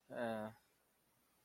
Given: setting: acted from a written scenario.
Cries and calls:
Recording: vocal sound without words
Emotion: embarrassment

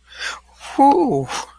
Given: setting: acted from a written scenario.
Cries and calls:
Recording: vocal sound without words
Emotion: elation

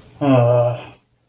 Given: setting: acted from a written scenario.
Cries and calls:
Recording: vocal sound without words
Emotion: guilt

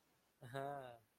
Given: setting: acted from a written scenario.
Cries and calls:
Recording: vocal sound without words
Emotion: romantic love

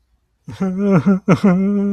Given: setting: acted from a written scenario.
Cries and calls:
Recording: vocal sound without words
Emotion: sadness

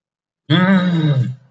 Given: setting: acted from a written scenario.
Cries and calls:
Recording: vocal sound without words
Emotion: shame

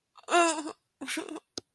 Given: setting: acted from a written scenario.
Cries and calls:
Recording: vocal sound without words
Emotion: sadness

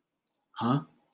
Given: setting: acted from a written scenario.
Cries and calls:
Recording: vocal sound without words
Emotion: confusion

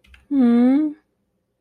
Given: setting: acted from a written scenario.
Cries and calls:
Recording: vocal sound without words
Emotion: awe

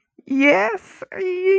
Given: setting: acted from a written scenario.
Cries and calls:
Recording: vocal sound without words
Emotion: triumph

